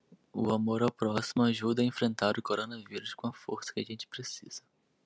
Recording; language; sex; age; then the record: spoken sentence; Brazilian Portuguese; male; 20 to 29 years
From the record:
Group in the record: control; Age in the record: 21 years